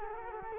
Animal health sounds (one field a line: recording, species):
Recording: mosquito wingbeat signal from an infrared sensor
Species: Culex quinquefasciatus